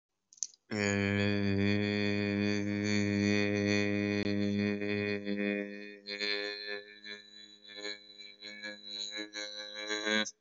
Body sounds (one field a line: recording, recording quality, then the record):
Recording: sustained vowel as in made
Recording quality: excellent, no background noise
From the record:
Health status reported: COVID-19 positive, no symptoms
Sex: male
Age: 24 years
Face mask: not worn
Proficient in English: no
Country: India